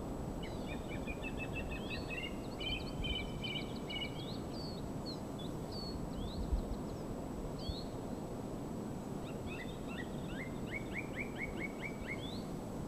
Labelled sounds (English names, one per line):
Song Thrush song